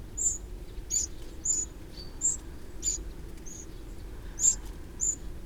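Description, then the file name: Eurasian wren repeating thin, sharp ticking calls about every half second to second, steady and insistent, over a quiet background. "Troglodytes troglodytes"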